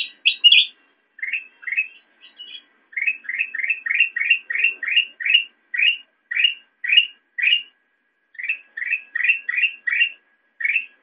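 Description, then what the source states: Sooty-headed bulbul: a few high sharp notes, then a long rapid string of short chirps with brief pauses. Recording meant as a master track for training songbirds.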